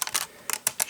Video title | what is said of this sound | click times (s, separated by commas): LEGO Tutorial - Picnic Campground Information Board Kiosk | lined up and just press that down should snap right in place | 0.7 s, 0.8 s